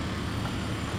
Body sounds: background sound without coughing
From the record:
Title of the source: 30 MINUTES Construction Site Ambience (CC BY 4.0)

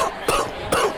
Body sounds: coughing mixed with background sound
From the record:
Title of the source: Coughing 79

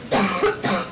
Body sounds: coughing mixed with background sound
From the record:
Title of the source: Barking cough - # 10

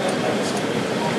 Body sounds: background sound without coughing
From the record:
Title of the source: Office Sounds Ambience - Background Noise for Study and Work

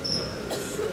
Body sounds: coughing mixed with background sound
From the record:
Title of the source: 30 Chesty and wet cough

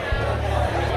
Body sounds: background sound without coughing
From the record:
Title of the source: CITY SOUNDS Busy Bar in the Evening Night - 2 HOURS of Ambiance for Relaxation

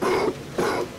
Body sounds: coughing mixed with background sound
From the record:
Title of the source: Coughing 77

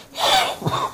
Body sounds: coughing mixed with background sound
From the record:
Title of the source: Spring Allergy Coughing

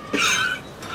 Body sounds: coughing mixed with background sound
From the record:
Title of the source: 64 coughing, allergies, singing lungs

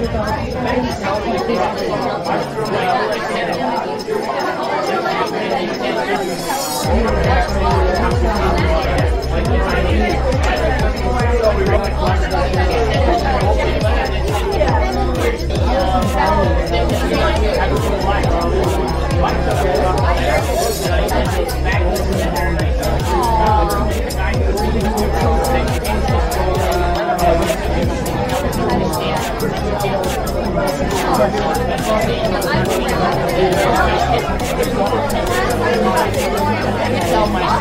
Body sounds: background sound without coughing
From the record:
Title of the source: Nightlife Party Simulating Party Club Noise 1 Hour

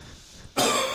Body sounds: coughing mixed with background sound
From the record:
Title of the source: Mid-morning Winter Coughing Fit

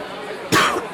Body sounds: coughing mixed with background sound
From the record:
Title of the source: 31 night wet cough

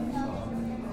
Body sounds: background sound without coughing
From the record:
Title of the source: 60 minutes of coffee shop sounds for study and concentration

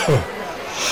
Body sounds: coughing mixed with background sound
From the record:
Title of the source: Dry Afternoon Cough

